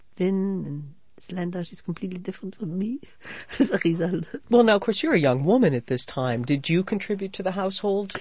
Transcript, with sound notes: thin, and she's completely different from me as a result. ( she laughs )
Well, now, because you're a young woman at this time, did you contribute to the household?